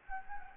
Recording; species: mosquito wingbeat signal from an infrared sensor; Anopheles gambiae